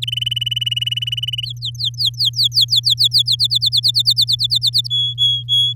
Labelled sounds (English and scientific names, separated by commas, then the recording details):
Domestic Canary (Serinus canaria) song
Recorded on 10 May 2018 at 14:50
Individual llb16